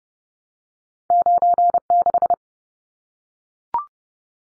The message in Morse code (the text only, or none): 96